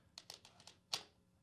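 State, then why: Seated. A convertible tablet is pushed down into the connector hinge of its keyboard dock, which holds the battery in its cylinder. A few light clicks and taps are followed by a louder, sharper snap at 0.9 s as the tablet seats in the dock.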